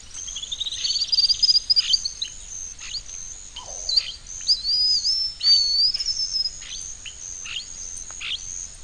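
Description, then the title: Bird song of rapid high whistled notes, then a rising-and-falling warbled phrase near the middle, with short buzzy bursts and a constant insect hiss behind. "LuckyPassaro Completos2Sama"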